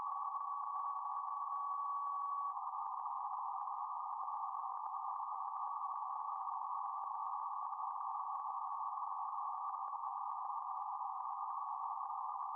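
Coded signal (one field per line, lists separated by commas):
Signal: PSK31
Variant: BPSK31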